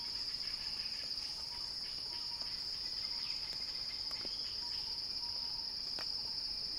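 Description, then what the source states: Cicada song as a constant, high, shrill hum, with occasional faint clicks and soft whistled notes. Recorded by Axel Drioli; described as a cicada crescendo.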